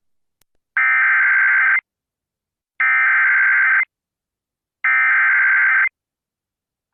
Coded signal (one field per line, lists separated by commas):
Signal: Emergency Alert System (SAME) tones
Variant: header bursts